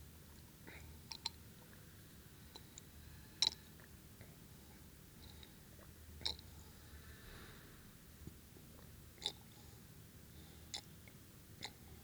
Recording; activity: daily activity, guitar pickup as the sensor; drink water